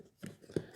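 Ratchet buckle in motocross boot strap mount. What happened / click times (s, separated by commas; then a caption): The plastic ratchet buckle clicked free and released / 0.3 s, 0.6 s. The plastic release piece on a damaged ratchet buckle of a Thor motocross boot is pulled up and pushed down, with two short, sharp clicks at 0.3 s and 0.6 s, the second one louder. The buckle is released and slides out of its strap mount.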